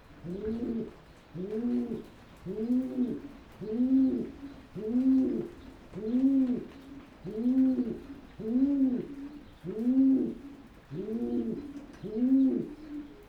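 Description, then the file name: Pigeon cooing: low, hollow arched coos repeated steadily, many in a row. "holub"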